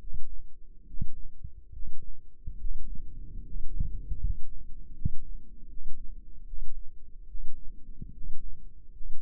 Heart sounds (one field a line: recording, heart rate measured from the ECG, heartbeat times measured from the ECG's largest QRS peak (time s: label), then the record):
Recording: heart sounds by microphone in the left ear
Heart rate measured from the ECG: 74 bpm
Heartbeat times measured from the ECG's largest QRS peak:
0.84 s: heartbeat
1.70 s: heartbeat
2.56 s: heartbeat
3.41 s: heartbeat
4.17 s: heartbeat
4.92 s: heartbeat
5.67 s: heartbeat
6.44 s: heartbeat
7.25 s: heartbeat
8.11 s: heartbeat
8.91 s: heartbeat
From the record:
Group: healthy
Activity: rest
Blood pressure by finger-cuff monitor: 112/75 mmHg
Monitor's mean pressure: 83 mmHg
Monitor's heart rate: 71 bpm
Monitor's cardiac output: 5.7 L/min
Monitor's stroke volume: 81 mL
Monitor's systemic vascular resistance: 1020 dyn s/cm5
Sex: male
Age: 35 years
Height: 180 cm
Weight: 86.9 kg